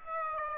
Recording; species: mosquito wingbeat signal from an infrared sensor; Aedes aegypti